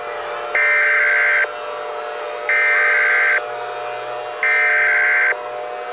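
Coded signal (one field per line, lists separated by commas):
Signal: Emergency Alert System (SAME) tones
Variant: header bursts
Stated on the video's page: Fictional EAS scenario of a New Year attack.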